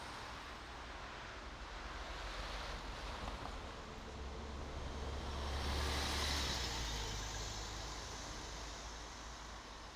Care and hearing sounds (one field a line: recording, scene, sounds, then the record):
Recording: everyday scene through a hearing-aid microphone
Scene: in traffic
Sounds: traffic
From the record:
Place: main road on the outskirts, rush hour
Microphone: in the ear canal, right